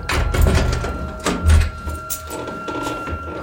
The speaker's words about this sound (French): Le serrurier à l'œuvre, la porte s'ouvre.